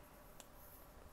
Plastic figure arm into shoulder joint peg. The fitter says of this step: hear that tiny click that tiny clicks lets you know that you've gotten it in properly